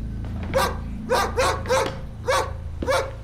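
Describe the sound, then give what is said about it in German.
A dog named Snow White barks five times in an uneven rhythm, each bark sharp and fairly loud, with short gaps between them over a low, steady background hum. “Der Hund hatte sich vor die Leiche gesetzt und blickte Redmond an.”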